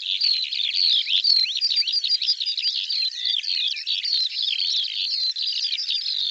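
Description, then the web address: Bird song, a dense unbroken stream of high twittering, trilled and sweeping notes tumbling quickly over one another, with no other sounds. Audio cleaned and normalized. "cianscape birddata Deverinetal 2025 File cleaned normalized Bird Al Ar"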